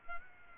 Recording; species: mosquito wingbeat signal from an infrared sensor; Culex pipiens